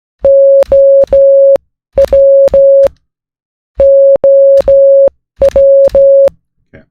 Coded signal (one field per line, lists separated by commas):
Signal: Morse code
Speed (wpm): 16 wpm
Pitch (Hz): 550 Hz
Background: none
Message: OW OW